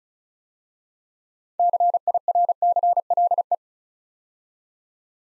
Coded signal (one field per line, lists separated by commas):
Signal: Morse code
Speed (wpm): 36 wpm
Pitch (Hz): 700 Hz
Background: none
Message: CIRCLE